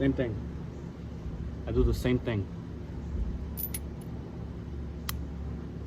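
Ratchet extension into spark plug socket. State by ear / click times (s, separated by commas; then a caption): seated / 5.1 s. While working on the spark plugs of a 2008 Honda Accord, a ratchet extension is pushed metal on metal into a spark plug socket as someone talks. Brief metallic clinks come at about 3.7 s, then the extension's detent clicks sharply at 5.1 s and the extension is seated in the socket.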